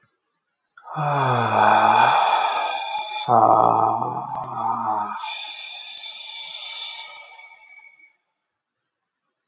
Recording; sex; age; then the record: vowel held as long as possible; male; 30 to 39 years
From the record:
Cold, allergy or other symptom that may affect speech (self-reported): no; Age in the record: 32 years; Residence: Texas, United States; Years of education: 18